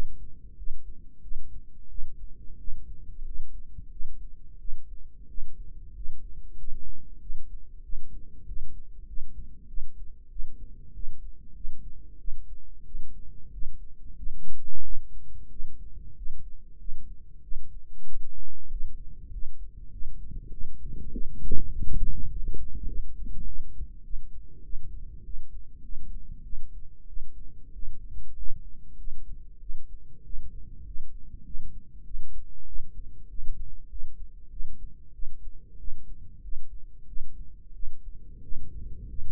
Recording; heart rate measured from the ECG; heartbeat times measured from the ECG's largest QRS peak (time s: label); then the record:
heart sounds by microphone in the right ear; 95 bpm
0.56 s: heartbeat
1.21 s: heartbeat
1.88 s: heartbeat
2.58 s: heartbeat
3.24 s: heartbeat
3.90 s: heartbeat
4.58 s: heartbeat
5.28 s: heartbeat
5.94 s: heartbeat
6.56 s: heartbeat
7.20 s: heartbeat
7.82 s: heartbeat
8.46 s: heartbeat
9.06 s: heartbeat
9.67 s: heartbeat
10.29 s: heartbeat
10.93 s: heartbeat
11.54 s: heartbeat
12.18 s: heartbeat
12.84 s: heartbeat
13.51 s: heartbeat
14.16 s: heartbeat
14.82 s: heartbeat
15.49 s: heartbeat
16.15 s: heartbeat
16.78 s: heartbeat
17.42 s: heartbeat
18.05 s: heartbeat
18.69 s: heartbeat
19.31 s: heartbeat
19.91 s: heartbeat
20.50 s: heartbeat
21.11 s: heartbeat
21.71 s: heartbeat
22.29 s: heartbeat
22.87 s: heartbeat
23.45 s: heartbeat
24.03 s: heartbeat
24.63 s: heartbeat
25.23 s: heartbeat
25.82 s: heartbeat
26.43 s: heartbeat
27.07 s: heartbeat
27.72 s: heartbeat
28.35 s: heartbeat
28.97 s: heartbeat
29.60 s: heartbeat
30.23 s: heartbeat
30.84 s: heartbeat
31.44 s: heartbeat
32.04 s: heartbeat
32.65 s: heartbeat
33.28 s: heartbeat
33.88 s: heartbeat
34.50 s: heartbeat
35.12 s: heartbeat
35.77 s: heartbeat
36.42 s: heartbeat
37.06 s: heartbeat
37.73 s: heartbeat
38.42 s: heartbeat
39.07 s: heartbeat
From the record:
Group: healthy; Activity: rest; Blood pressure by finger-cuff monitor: 110/63 mmHg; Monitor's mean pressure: 77 mmHg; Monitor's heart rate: 95 bpm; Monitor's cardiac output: 8 L/min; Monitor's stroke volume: 84 mL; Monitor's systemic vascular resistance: 690 dyn s/cm5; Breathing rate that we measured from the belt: 22 breaths a minute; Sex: female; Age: 22 years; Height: 163 cm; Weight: 67.1 kg